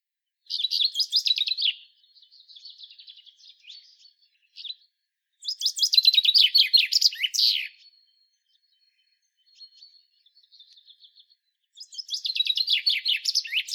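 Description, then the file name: Common chaffinch singing three loud, rattling phrases of quick high notes, separated by quieter, thin twittering notes. "Fringilla coelebs"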